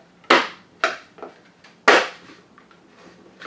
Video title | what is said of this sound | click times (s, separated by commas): Chipper Shredder Assembly 7 7 16 | you want to get two aligned and then push in place the bottom two and it'll just snap into place | 0.3 s, 1.9 s